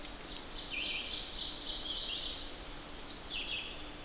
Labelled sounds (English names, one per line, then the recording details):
Red-eyed Vireo song
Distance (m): 35 m
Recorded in boreal forest in Alberta, Canada, on 8 June 2016 at 05:18
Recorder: SongMeter 3, array SBT-3-9
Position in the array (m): 98 m, 92 m